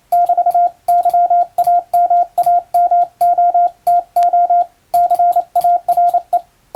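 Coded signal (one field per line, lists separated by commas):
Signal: Morse code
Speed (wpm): 28 wpm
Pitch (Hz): 700 Hz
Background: radio noise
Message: <BT> YAMAMOTO CARE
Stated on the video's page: Hand-keyed international Morse telegram sending practice with a telegraph key, by a first-class radiotelegraph operator.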